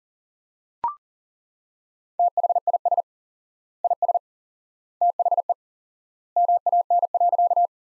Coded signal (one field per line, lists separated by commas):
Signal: Morse code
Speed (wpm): 40 wpm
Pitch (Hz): 700 Hz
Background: none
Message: THIS IS THE MAN.